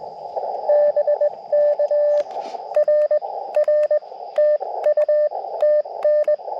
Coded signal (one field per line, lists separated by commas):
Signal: Morse code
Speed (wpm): 20 wpm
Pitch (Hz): 590 Hz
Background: radio noise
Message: BK R R TU TN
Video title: Quick POTA Activation QRP CW 5/13/23 @ K-3684